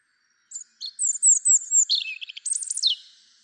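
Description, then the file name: European robin song: a thin opening note, then a run of high sweet whistles falling into rapid twittering trills, ending with a quick burst of sharp descending notes. "Erithacus rubecula"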